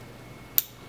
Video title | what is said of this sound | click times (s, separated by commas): Ambassador Energy Training: Solar Panel Construction | you hear that click and i can't pull them apart | 0.6 s